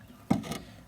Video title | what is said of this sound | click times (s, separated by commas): Mini Cooper Door Lock Knob Repair | it snaps into place then allows you to open it down | 0.3 s